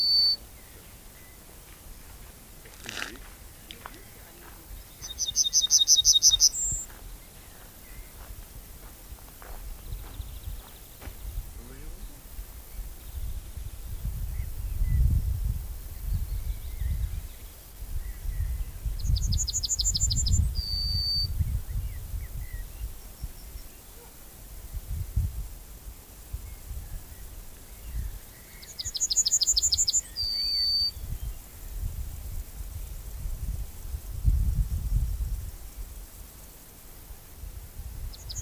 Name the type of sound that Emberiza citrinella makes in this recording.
song